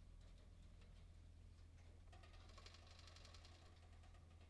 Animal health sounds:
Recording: poultry house recording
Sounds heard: no chicken sound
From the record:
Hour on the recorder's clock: 14

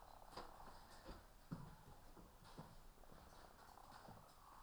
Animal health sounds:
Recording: poultry house recording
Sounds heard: sick chickens (respiratory disease)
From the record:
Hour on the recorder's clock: 13

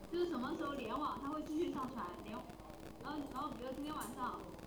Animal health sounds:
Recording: poultry house recording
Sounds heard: no chicken sound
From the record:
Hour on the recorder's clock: 13

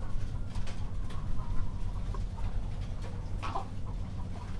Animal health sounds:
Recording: poultry house recording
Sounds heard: sick chickens (respiratory disease)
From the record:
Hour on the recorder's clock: 23

